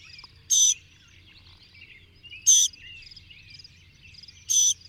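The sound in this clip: Bird sounds: loud buzzy bursts about every two seconds, each carrying a thin high whistle, with faint chirps and twitters between them.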